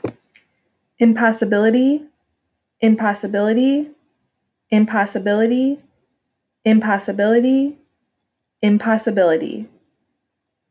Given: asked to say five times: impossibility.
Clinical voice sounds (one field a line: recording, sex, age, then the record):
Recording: repeated word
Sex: female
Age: 30 to 39 years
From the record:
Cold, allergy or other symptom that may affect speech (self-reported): no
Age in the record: 37 years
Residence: Washington, United States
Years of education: 18